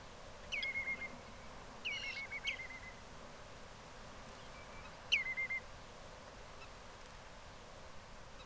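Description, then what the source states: Bird calls of short whistled notes that drop sharply then level off, given singly or as a pair, in three bursts over several seconds with soft background hiss. A flock.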